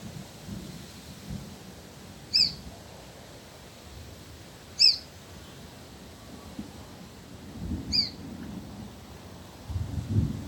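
Dusky myzomela calls as single sharp, high chip notes, spaced about every two to three seconds, over low background rumble.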